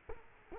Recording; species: mosquito wingbeat signal from an infrared sensor; Culex quinquefasciatus